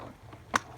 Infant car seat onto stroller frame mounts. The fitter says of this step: a snap and that lets you know that your infant car SE is directly attached to the stroller